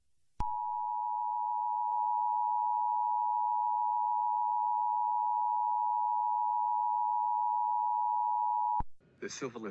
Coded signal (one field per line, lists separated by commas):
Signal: Emergency Alert System (SAME) tones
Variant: 853 and 960 Hz attention tone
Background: speech